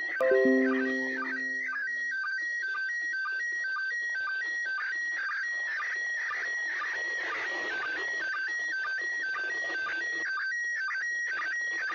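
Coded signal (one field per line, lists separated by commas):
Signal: SSTV (slow-scan television)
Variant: PD 120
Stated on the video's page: SSTV image from the ISS during Expedition 63, received in grid square OI91ik.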